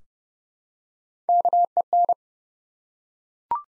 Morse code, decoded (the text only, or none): KEN